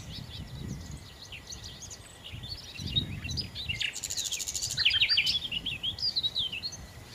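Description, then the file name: Common nightingale song of varied chirps and whistles with a high buzzy trill in the middle, over low rumbling background noise. "Nachtigall"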